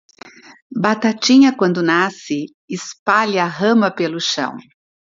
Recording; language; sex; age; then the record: short text; Brazilian Portuguese; female; 60 to 69 years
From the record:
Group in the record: control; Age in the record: 62 years